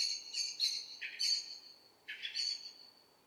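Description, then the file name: Eurasian blackbird uttering a few scratchy, uneven chuck notes, two lower strokes standing out among higher harsh ones. "Turdus merula"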